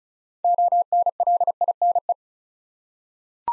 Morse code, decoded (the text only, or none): ONLINE